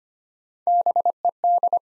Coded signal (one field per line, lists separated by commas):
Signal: Morse code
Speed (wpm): 25 wpm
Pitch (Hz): 700 Hz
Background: none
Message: BED